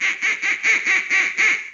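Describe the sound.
Duck quacking in a quick run of seven nasal, evenly spaced quacks within under two seconds, with no other sounds.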